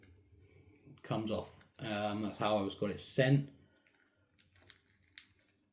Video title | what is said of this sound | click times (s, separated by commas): Review of the 1992-93 Kenner Space Marine Corp Hicks, Android Bishop, and Flying Alien Queen | And it doesn't want to lock into place. | none